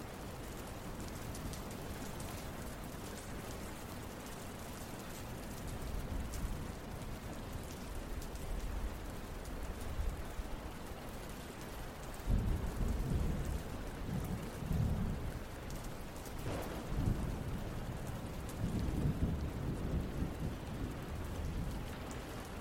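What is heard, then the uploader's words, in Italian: A calm summer thunderstorm: steady rain hisses throughout, with low rumbling thunder swelling around twelve seconds and again near nineteen. Rumore Temporale. Lasciati avvolgere dall'atmosfera di un tranquillo temporale estivo, di quelli che rinfrescano l'aria e la rendono profumata.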